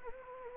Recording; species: mosquito wingbeat signal from an infrared sensor; Anopheles gambiae